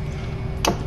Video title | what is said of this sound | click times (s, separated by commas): A Torgue Wrench You Can Read! TAGVIT 1/4 Inch Drive Click Torque Wrench Set 37 Pcs & Case REVIEW | hear that click | 0.6 s